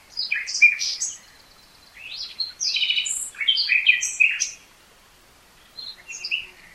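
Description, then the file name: Common nightingale song with quick runs of high whistles, buzzy slurred notes and chirps, then a brief quieter pause and a softer phrase. "Luscinia megarhynchos"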